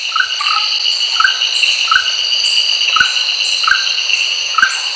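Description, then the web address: Frog calls, several short bright chirps repeated at a steady pace over a steady high drone, with faint clicks. "Frogs World"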